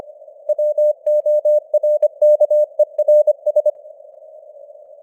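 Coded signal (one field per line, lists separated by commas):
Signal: Morse code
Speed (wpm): 24 wpm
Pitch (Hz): 600 Hz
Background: none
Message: WORKERS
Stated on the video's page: News headlines in Morse at 25 wpm with simulated radio noise and varying signal strength (QSB).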